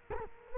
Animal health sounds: mosquito wingbeat signal from an infrared sensor; Culex quinquefasciatus

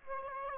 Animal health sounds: mosquito wingbeat signal from an infrared sensor; Aedes aegypti

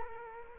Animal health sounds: mosquito wingbeat signal from an infrared sensor; Culex quinquefasciatus

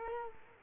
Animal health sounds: mosquito wingbeat signal from an infrared sensor; Culex quinquefasciatus

